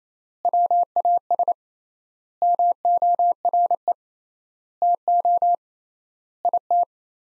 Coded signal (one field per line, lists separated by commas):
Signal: Morse code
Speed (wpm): 28 wpm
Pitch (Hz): 700 Hz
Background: none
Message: WAS MORE TO IT